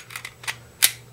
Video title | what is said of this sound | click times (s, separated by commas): Field Stripping a Smith & Wesson M&P40 Hand Gun | There's your click right there. | 0.8 s